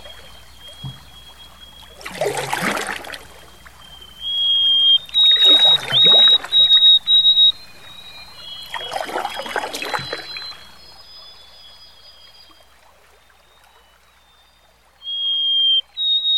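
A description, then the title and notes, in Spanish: At Loon Lake, three rushing splashes of water come every few seconds over thin, steady high whistling tones, then quiet before a final whistle. Fonografias_Lago_Loon.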